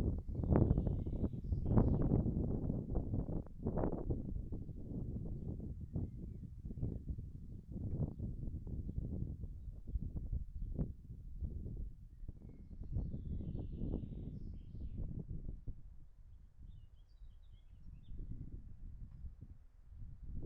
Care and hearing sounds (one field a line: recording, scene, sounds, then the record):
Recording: everyday scene through a hearing-aid microphone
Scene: wind on the microphone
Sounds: wind, traffic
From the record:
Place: in front of a rural house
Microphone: behind the ear, right, front